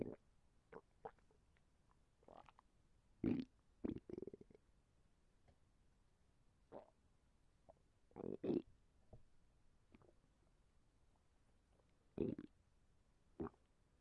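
Irregular gurgling and squelching bursts come in clusters against quiet, roughly ten rumbles over fourteen seconds, some drawn out and bubbling. These are hunger stomach noises (borborygmi) from an adult, gas and fluid moving through an empty gut; a sound effect.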